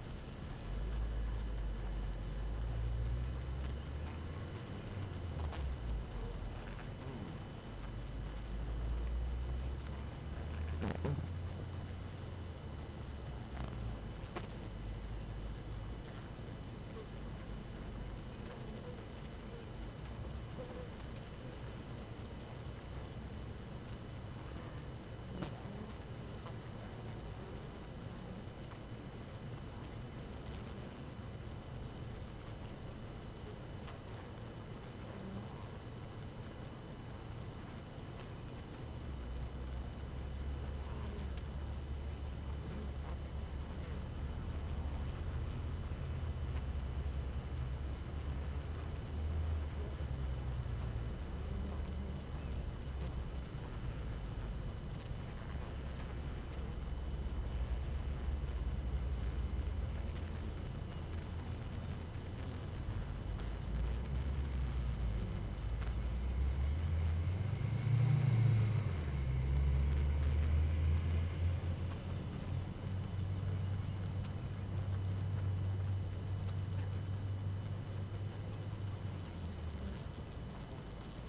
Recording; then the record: honeybee colony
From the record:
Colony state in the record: active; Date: 12 June 2018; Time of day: 4:24